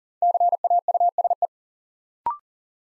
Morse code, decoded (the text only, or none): CAUSE